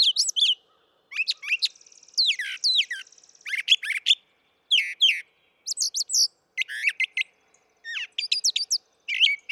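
Brown thrasher song: a run of varied high phrases with short pauses between, some whistled, some buzzy.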